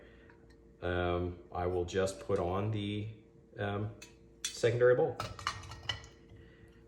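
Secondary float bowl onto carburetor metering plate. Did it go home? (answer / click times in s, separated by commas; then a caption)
yes / 5.9 s. Someone talks while setting the secondary float bowl of a rebuilt Holley 4150 carburetor onto its metering plate and gaskets. A sharp metallic hit at 5.9 s marks the bowl popping right into place, seated with no need to line anything up because it has no accelerator pump arm.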